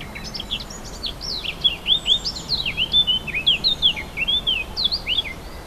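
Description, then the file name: Warbler song, a fast, scratchy warble of quick rising and falling notes that starts softly and grows stronger, with steady background hiss. Recorded 4 May 2011 on an MZ-N710 recorder. "fauvettes 4 05 11"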